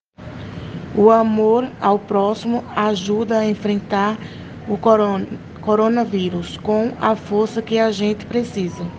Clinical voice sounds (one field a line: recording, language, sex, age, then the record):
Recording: spoken sentence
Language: Brazilian Portuguese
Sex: female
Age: 20 to 29 years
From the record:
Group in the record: respiratory insufficiency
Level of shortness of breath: 5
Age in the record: 29 years